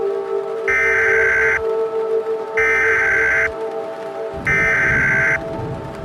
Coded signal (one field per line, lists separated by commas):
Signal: Emergency Alert System (SAME) tones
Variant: header bursts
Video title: 10/18/2007 Elkhart County IN Tornado Emergency [EAS Recreation]